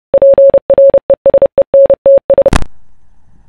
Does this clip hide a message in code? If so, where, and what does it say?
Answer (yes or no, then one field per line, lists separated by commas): yes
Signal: Morse code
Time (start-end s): 0.1-2.5 s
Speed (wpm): 30 wpm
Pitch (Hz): 550 Hz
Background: none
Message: PRESENTS